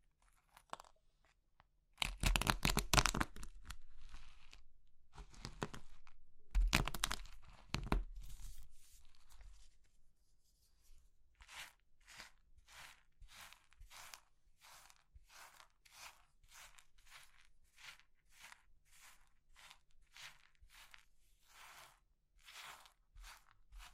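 Crushing of brittle material: two loud crunching bursts near 2 and 7 seconds, then softer, evenly spaced crumbly crunches repeating quickly until the end.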